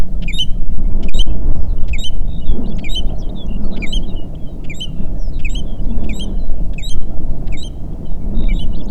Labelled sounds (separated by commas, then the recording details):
songbird, wind
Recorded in the Prudhoe Bay oil fields, Alaska, on 8 June 2019 at 05:25
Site 30